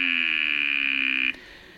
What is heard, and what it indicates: Acrylic tubes, which are made of clear plastic, but they've been machined in the centre to have the same shapes as MRI imaging, that's magnetic resonance imaging, of real human adult male speakers. There's the vowel E, which has a different shape. It's much more constricted towards the mouth end, and it sounds like this.